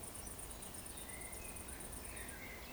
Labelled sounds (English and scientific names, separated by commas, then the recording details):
Eurasian Woodcock (Scolopax rusticola) whistle
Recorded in Baden-Württemberg, Germany, on 24 June 2020 at 20:09 UTC
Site 14569, 102 m above sea level